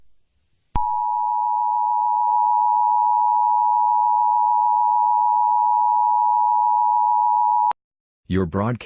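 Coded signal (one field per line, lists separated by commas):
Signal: Emergency Alert System (SAME) tones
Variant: 853 and 960 Hz attention tone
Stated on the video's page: Fictional scenario alert, simulated rather than real.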